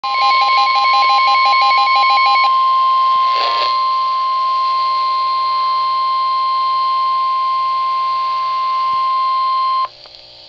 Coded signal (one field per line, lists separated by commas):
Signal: Emergency Alert System (SAME) tones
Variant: 1050 Hz attention tone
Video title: Tornado Warning for SE Baltimore County, MD [EAS 50] | NOAA Weather Radio (8/21/2011)